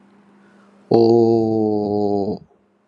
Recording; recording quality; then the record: sustained vowel as in boot; excellent, no background noise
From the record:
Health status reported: healthy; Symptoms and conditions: hypertension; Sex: male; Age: 49 years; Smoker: yes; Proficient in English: yes